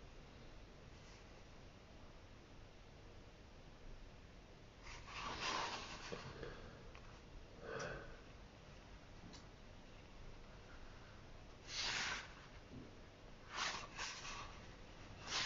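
Copying a passage from a book: a low steady hiss, broken by brief scratchy rustles and breathy bursts around five, eight, twelve and fourteen seconds.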